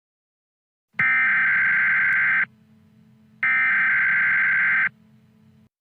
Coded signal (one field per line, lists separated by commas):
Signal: Emergency Alert System (SAME) tones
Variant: header bursts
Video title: EAS Scenario #1: DO NOT MAKE EYE CONTACT